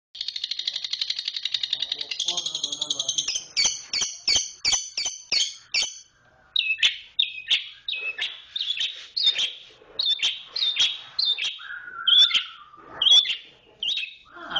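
Oriental magpie-robin singing a varied, lively song: a fast buzzy trill, then a string of sharp high chirps and whistled notes with short pauses.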